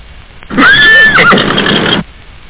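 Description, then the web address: Horse whinny: one loud, shaky neigh lasting about one and a half seconds, quavering high and then dropping, ending in a coarse breathy tail. "da capo vol 1 animals horse"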